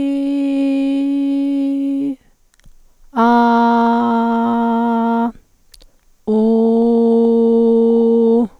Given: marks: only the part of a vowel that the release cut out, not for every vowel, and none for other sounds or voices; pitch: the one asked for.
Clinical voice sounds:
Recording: sustained vowels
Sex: female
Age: 40 to 49 years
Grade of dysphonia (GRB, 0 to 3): 0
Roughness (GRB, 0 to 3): 0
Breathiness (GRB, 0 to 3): 0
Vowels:
0.00-1.94 s: vowel /i/, normal pitch
3.27-5.13 s: vowel /a/, normal pitch
6.42-8.32 s: vowel /u/, normal pitch
From the record:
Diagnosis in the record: psychogenic dysphonia, hyperfunctional dysphonia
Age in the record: 49 years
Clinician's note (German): Cervicogene Komponente

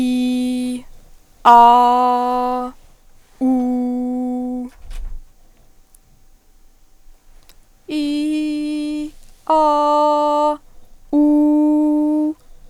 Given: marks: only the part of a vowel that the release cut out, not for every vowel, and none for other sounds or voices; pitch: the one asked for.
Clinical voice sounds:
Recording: sustained vowels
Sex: female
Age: 20 to 29 years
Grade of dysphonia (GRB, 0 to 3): 0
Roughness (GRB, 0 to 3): 0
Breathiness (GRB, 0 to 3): 0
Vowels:
0.00-0.72 s: vowel /i/, normal pitch
1.64-2.54 s: vowel /a/, normal pitch
3.47-4.53 s: vowel /u/, normal pitch
7.99-8.97 s: vowel /i/, high pitch
9.57-10.45 s: vowel /a/, high pitch
11.20-12.19 s: vowel /u/, high pitch
From the record:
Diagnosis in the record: healthy voice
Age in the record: 26 years

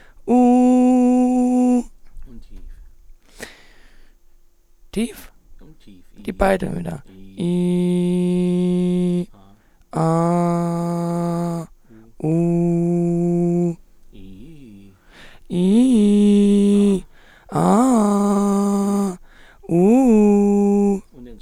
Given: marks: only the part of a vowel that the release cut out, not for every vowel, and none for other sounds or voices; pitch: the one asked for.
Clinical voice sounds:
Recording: sustained vowels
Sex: female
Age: 30 to 39 years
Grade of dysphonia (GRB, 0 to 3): 2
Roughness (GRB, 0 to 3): 0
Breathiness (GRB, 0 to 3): 2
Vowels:
0.45-1.66 s: vowel /u/, high pitch
7.51-9.10 s: vowel /i/, low pitch
10.07-11.48 s: vowel /a/, low pitch
12.33-13.61 s: vowel /u/, low pitch
15.63-16.78 s: vowel /i/, low-high-low pitch
17.66-18.94 s: vowel /a/, low-high-low pitch
19.79-20.81 s: vowel /u/, low-high-low pitch
From the record:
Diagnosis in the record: hyperfunctional dysphonia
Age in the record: 35 years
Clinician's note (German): Mit beginnender Phonationsverdickung; 1. Aufnahme prä Therapie

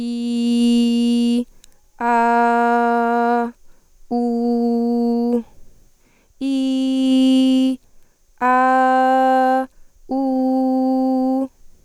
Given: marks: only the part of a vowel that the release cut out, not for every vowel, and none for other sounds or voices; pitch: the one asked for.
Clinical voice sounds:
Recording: sustained vowels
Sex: female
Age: 18 to 19 years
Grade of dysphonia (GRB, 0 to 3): 0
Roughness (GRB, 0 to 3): 0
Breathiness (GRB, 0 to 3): 0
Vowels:
0.00-1.22 s: vowel /i/, normal pitch
2.20-3.29 s: vowel /a/, normal pitch
4.23-5.30 s: vowel /u/, normal pitch
7.04-7.69 s: vowel /i/, high pitch
8.74-9.37 s: vowel /a/, high pitch
10.47-11.20 s: vowel /u/, high pitch
From the record:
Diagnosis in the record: healthy voice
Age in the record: 19 years

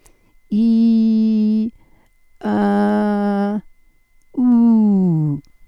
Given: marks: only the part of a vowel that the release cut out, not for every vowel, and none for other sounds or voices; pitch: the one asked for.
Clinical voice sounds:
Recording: sustained vowels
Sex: female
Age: 60 to 69 years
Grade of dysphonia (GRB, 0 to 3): 1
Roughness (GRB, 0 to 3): 1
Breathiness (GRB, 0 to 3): 1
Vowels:
0.58-1.60 s: vowel /i/, high pitch
2.65-3.48 s: vowel /a/, high pitch
4.43-5.28 s: vowel /u/, high pitch
From the record:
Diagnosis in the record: dysphonia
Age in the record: 68 years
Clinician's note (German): Beginnender Laryngospasmus

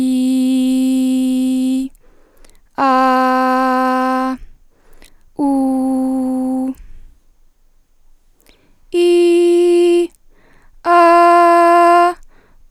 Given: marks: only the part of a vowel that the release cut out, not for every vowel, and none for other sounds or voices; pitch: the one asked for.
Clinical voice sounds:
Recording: sustained vowels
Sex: female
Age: 20 to 29 years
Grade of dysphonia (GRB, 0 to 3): 1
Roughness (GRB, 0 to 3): 1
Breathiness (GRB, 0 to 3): 0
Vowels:
0.00-1.62 s: vowel /i/, normal pitch
2.88-3.92 s: vowel /a/, normal pitch
5.68-6.48 s: vowel /u/, normal pitch
9.04-9.91 s: vowel /i/, high pitch
11.03-11.98 s: vowel /a/, high pitch
From the record:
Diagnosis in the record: healthy voice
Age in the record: 21 years

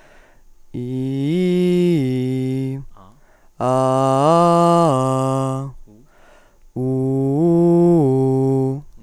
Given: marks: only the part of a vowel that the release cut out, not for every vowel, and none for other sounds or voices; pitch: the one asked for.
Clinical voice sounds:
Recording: sustained vowels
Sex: female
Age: 20 to 29 years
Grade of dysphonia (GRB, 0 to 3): 2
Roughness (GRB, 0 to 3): 2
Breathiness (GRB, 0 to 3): 0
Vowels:
0.90-2.67 s: vowel /i/, low-high-low pitch
3.74-5.50 s: vowel /a/, low-high-low pitch
6.89-8.64 s: vowel /u/, low-high-low pitch
From the record:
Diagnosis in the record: psychogenic dysphonia, hyperfunctional dysphonia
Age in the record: 29 years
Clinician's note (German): Zweitaufnahme nach logop. Therapie

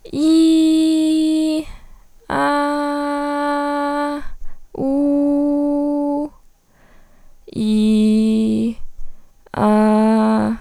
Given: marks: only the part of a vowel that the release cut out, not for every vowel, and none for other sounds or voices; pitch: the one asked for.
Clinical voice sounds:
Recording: sustained vowels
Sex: female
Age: 20 to 29 years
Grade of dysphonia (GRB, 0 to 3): 0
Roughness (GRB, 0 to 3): 0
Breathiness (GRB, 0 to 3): 0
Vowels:
0.31-1.42 s: vowel /i/, high pitch
2.51-3.95 s: vowel /a/, high pitch
4.94-5.99 s: vowel /u/, high pitch
7.70-8.45 s: vowel /i/, low pitch
9.67-10.37 s: vowel /a/, low pitch
From the record:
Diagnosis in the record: healthy voice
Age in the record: 23 years

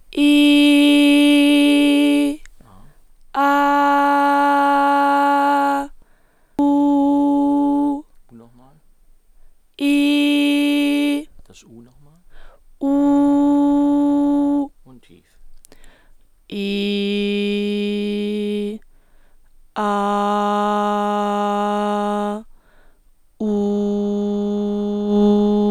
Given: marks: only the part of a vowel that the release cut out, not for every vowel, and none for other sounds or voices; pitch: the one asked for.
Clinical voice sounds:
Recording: sustained vowels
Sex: female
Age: 20 to 29 years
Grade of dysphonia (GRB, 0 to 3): 1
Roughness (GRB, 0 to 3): 1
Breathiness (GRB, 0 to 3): 0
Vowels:
0.32-2.17 s: vowel /i/, high pitch
4.36-5.76 s: vowel /a/, high pitch
6.68-7.84 s: vowel /u/, high pitch
16.75-18.15 s: vowel /i/, low pitch
20.02-22.19 s: vowel /a/, low pitch
23.60-24.99 s: vowel /u/, low pitch
From the record:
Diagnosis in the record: hyperfunctional dysphonia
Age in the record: 26 years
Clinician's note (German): Deutlich verkürztes Schwingungsbild, verkürzte Randkantenverschiebung

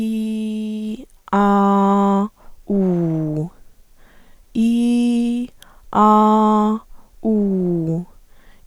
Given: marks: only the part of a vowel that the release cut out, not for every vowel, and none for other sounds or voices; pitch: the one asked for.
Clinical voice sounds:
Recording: sustained vowels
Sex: female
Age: 18 to 19 years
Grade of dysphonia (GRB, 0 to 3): 0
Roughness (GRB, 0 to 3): 0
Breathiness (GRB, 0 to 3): 0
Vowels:
0.00-0.84 s: vowel /i/, normal pitch
1.45-2.20 s: vowel /a/, normal pitch
2.75-3.37 s: vowel /u/, normal pitch
4.64-5.35 s: vowel /i/, high pitch
6.08-6.69 s: vowel /a/, high pitch
7.33-7.92 s: vowel /u/, high pitch
From the record:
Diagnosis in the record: healthy voice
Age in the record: 19 years

